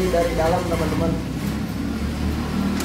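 Someone talks while the latch bolt of a metal folding gate is handled from the inside, about to be pushed into the opposite gate leaf, with a low background hum. Nothing has seated or clicked yet in this clip.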